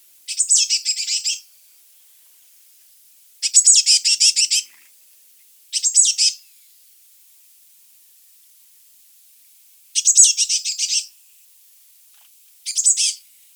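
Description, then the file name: Eurasian blue tit churring harshly in five irregular bursts of rapid, rasping notes, separated by silent gaps. "Cyanistes caeruleus"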